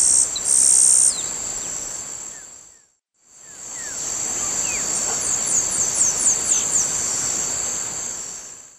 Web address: Natures Songs S America Eastern Lowlands. Ammodramus aurifrons, 2 song types